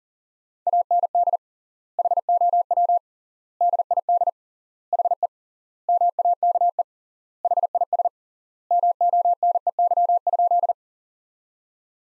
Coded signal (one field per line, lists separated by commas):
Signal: Morse code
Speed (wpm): 40 wpm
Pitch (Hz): 700 Hz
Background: none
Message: AND HOW DID HE MAKE HIS MONEY?